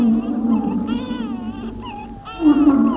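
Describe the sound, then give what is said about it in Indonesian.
A bear growls at night in a long, moaning drawn-out call whose pitch wavers and slides, swelling louder toward the end, with no talking. “Oh, ternyata sosok hitam yang sangat besar itu adalah seekor beruang.”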